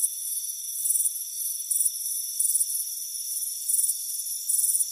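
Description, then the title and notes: Cricket chirps in short, high, rapid pulse trains, irregularly spaced over a continuous high-pitched insect hum. Crickets chirping on a warm afternoon on a front porch. "Soothing Crickets Chirping Sound. It's a warm afternoon as you relax in a hammock on the front porch. Relax and fall asleep to the soothing sound of chirping crickets. Deep Sleep Sounds"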